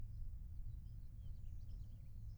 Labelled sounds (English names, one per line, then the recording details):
House Finch song
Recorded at Woodmere on Long Island, New York, on 10 June 1975
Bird A